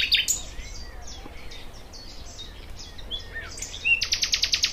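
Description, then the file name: Thrush nightingale: songbird phrases of varied slurred notes and twitters, finishing with a loud, even burst of about seven rapid clicking pulses. "Sprosser"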